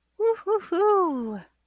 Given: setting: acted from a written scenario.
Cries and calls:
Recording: vocal sound without words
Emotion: triumph

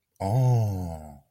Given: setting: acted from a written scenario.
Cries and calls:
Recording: vocal sound without words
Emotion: realization

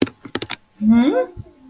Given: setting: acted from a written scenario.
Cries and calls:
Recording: vocal sound without words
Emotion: contempt

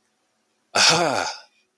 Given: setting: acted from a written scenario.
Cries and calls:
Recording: vocal sound without words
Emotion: realization

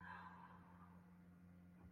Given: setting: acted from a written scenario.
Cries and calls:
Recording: vocal sound without words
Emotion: romantic love

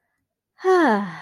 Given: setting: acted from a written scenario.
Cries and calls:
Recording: vocal sound without words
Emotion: serenity

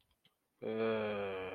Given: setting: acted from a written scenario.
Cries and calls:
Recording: vocal sound without words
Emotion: negative surprise

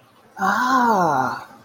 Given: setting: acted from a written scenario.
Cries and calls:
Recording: vocal sound without words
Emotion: awe

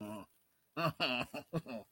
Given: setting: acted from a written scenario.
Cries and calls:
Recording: vocal sound without words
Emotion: embarrassment

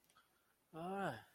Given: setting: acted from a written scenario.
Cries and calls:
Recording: vocal sound without words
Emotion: guilt

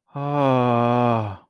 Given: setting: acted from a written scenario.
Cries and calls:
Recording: vocal sound without words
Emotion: ecstasy

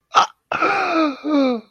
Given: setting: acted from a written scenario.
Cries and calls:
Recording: vocal sound without words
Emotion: fear

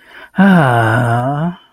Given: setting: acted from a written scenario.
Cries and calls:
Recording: vocal sound without words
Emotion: desire

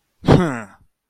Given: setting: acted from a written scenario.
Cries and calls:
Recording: vocal sound without words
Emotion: anger

